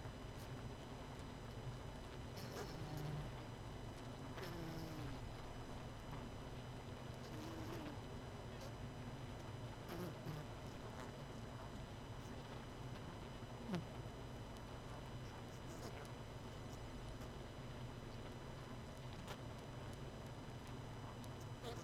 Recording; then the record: honeybee colony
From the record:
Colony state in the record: missing queen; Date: 31 May 2018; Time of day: 20:05